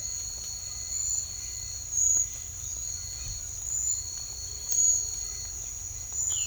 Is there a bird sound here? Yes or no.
no